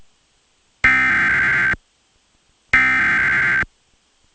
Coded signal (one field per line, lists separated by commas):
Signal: Emergency Alert System (SAME) tones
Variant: header bursts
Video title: 2 SVRs LAREDO TX MAY 18-19 2026 (EAS #120-123)